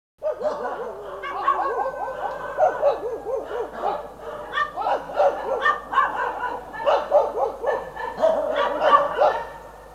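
Dog barking and yipping in rapid bursts, with high harmonic yelps almost continuous and no real pauses.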